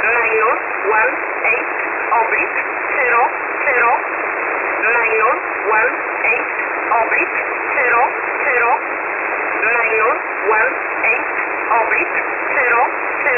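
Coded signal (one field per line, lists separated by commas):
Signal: numbers station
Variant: E11 Oblique, English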